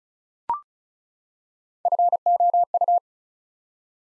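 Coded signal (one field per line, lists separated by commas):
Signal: Morse code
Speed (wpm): 35 wpm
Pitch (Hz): 700 Hz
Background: none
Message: FOU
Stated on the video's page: Morse practice for Instant Character Recognition: six-letter words built up three letters at a time, sent at 35 wpm.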